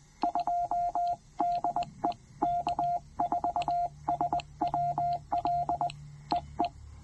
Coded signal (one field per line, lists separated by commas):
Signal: Morse code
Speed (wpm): 20 wpm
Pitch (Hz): 700 Hz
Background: radio noise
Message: 2 DE K4SWL EE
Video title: Brilliant Trailside POTA with the TR-45L and PackTenna Random Wire at Lake Norman State Park!